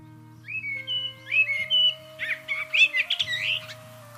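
Common blackbird song: a few clear whistled phrases, then a quicker run of twittering, scratchy notes, over a steady low mechanical hum.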